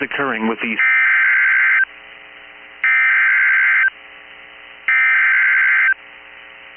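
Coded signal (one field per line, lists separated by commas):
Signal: Emergency Alert System (SAME) tones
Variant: header bursts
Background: speech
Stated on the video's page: NOAA Weather Radio EAS alerts from Big Spring and Fort Worth, Texas transmitters.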